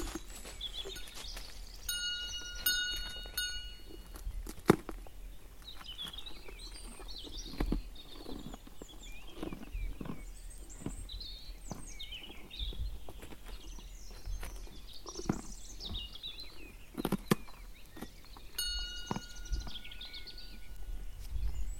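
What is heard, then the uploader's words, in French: A spring walk around Vinça: birds chirp and twitter almost continuously above a low, steady rumble. Scattered sharp knocks and clicks come every second or so, and quick runs of short, pitched beeps sound around the second and nineteenth seconds. Promenade autour de Vinca, airs de printemps. Le printemps bruisse de multiples façons autour de Vinça. Et au loin, souvent , le bruit de la route nationale. Les coups de sécateurs électriques dans les pêchers, les sportifs qui halètent, les chèvres, ânes, chevaux et chiens, la Lentilla enfin.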